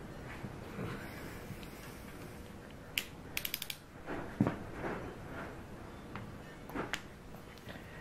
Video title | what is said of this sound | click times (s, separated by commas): Ford 396 FE Part 1: Cam and Crank Install! | can't get the bit to stay in there for me | 3.0 s